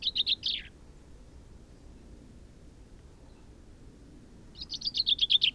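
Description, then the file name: Common chaffinch song: the end of one phrase with its closing flourish, a pause of about four seconds, then a new fast, slightly descending trill begins. "Fringilla coelebs"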